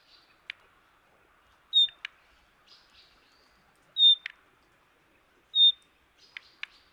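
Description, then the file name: Common nightingale calling: three thin whistled notes mixed with sharp clicks and rasps over a faint steady hiss. "Luscinia megarhynchos"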